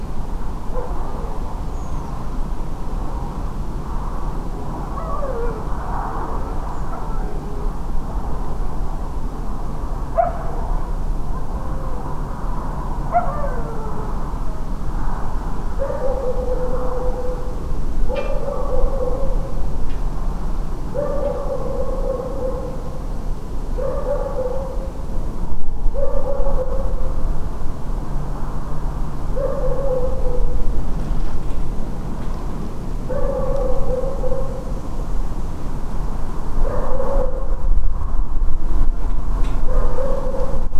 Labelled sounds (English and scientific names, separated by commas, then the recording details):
Redwing (Turdus iliacus)
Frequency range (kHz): Redwing (Turdus iliacus) 5.6-7.0 kHz
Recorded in France